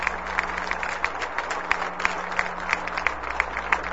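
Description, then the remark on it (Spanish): A crowd applauds steadily for record maize production figures presented by Hugo Chávez, many hands clapping in a dense, irregular patter of sharp bright claps over a low constant hum, with no voices. “Esto merece un aplauso.”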